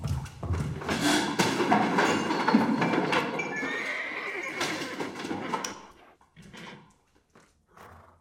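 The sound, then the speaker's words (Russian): A horse being moved into a van in a film scene whinnies loudly and at length in a high, wavering cry lasting several seconds, then a few scattered hoof clops follow more faintly. “Поэтому мы решили занести временно лошадь в салон и поискать, чем можно открыть машину.”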